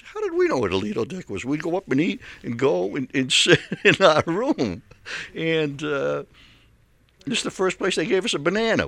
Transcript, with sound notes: I says, "How did we know where the Lido deck was?" We'd go up and eat, and go and stay in our room. (he laughs) And it's the first place they gave us a banana.